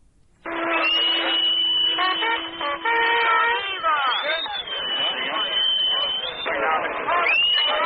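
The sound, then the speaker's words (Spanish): Boatswain's pipes blown by US Navy sailors rendering honors shrill in long, sustained high notes that rise, warble and trill, continuing almost unbroken for several seconds over a steady low drone and a crackly background murmur. “Los pitidos que se escuchan son hechos por marineros de la US Navy, que fue la encargada de recibir y rendir honores a Balbo.”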